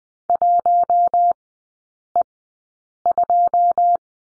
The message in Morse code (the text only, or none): 1E2